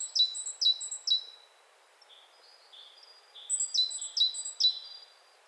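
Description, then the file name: Great tit calls: bright high notes that slide down, given in quick runs of three, a pause with softer lower notes, then another run of three. "Parus major"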